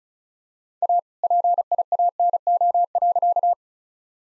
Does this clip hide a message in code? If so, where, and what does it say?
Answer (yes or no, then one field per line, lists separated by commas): yes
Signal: Morse code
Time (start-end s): 0.8-3.5 s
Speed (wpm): 34 wpm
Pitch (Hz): 700 Hz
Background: none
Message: A PIANO.